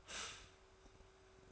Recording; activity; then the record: daily activity, microphone in the room; stop toaster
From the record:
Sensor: 2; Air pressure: 1014.5 hPa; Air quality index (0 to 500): 204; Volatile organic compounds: 24 ppm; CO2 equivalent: 2798 ppm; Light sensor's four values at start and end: 3/9/3/3 and 3/9/3/3